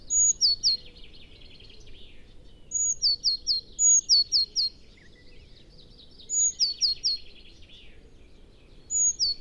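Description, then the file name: Eurasian blue tit song: a thin, high whistled note followed by a few quick lower notes, repeated several times at irregular intervals. "Cyanistes caeruleus"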